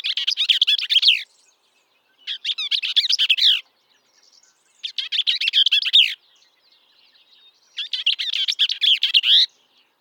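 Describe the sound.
Bell's vireo giving four fast, jumbled warbled phrases, each a second or more long, repeated every two to three seconds.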